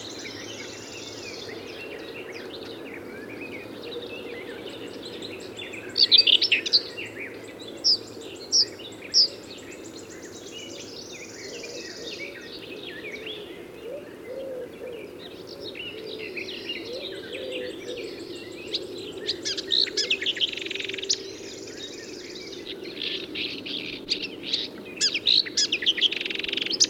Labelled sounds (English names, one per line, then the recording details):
Marsh Warbler song
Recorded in the wild
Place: Glowe, Insel Rügen, Mecklenburg-Vorpommern, DE
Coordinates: 54.574, 13.433
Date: 1977-06-03 08:00
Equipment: Nagra III BH, Sennheiser MD 21, parabola
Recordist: Schubert, Michael